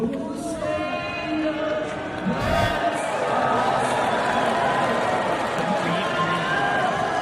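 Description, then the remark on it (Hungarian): A crowd applauding and cheering steadily, a dense wash of clapping with voices mixed in, holding at an even, fairly loud level for the whole stretch after a brief swell near the start. “Igen, és meg is tapsoltál.”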